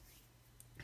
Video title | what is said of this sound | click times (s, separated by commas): Dell XPS 15 (9550 and 9560) RAM and SSD updrage/replace | it in a bit and then press on it until you hear the click so | 0.6 s, 0.8 s